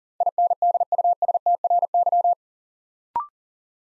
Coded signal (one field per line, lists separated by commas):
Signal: Morse code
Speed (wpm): 40 wpm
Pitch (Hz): 700 Hz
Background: none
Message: INDUSTRY